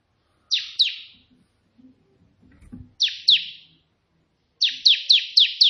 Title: 3 VARIASI TEMBAKAN prenjak putih ini COCOK untuk masteran prenjak anda